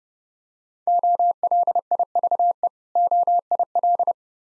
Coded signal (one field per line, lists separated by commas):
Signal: Morse code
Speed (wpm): 30 wpm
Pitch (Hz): 700 Hz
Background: none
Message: OLIVE OIL